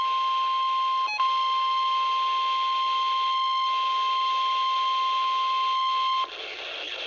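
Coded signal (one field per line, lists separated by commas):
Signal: Emergency Alert System (SAME) tones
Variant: 1050 Hz attention tone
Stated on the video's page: Required Weekly Test SAME tones on a NOAA weather radio transmitter from the Mount Holly, NJ forecast office, read live by a human.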